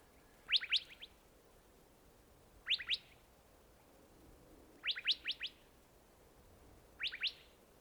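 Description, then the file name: Gambel's quail call: clipped notes in groups of three or four, repeated roughly every two seconds with silent gaps between them. "Golosa ptic - SHlemonosnyj hohlatyj perepel Callipepla gambelii"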